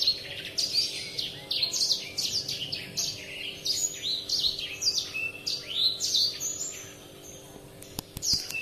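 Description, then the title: Oriental magpie-robin singing varied, fluty phrases mixed with scratchy high notes, busy for the first seven seconds and then quieter, with a few sharp clicks near the end. "Kicau Kacer"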